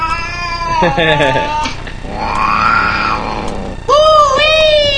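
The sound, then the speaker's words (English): A cat meows repeatedly: a few short cries, then a long drawn-out yowl that rises and falls, ending in a loud, wavering, high-pitched wail. “That kitty sounded exactly like Marf.”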